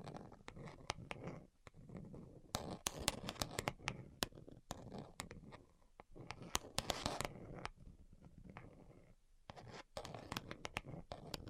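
Fingers tap and scratch in quick, uneven bursts, with sharp clicks scattered densely through most of the twelve seconds. Brief pauses break the pattern near two, six and nine seconds, and a soft low rustle sits beneath the taps throughout.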